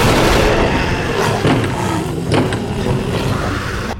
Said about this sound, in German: Was hört ihr, Lovis? Irgendwas bricht durch die Tür!